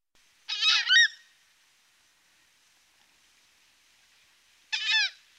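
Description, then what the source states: Horned screamer giving two loud honking calls, each a harsh, harmonic-rich burst about half a second long, separated by roughly four seconds of quiet. Recorded in the Pantanal.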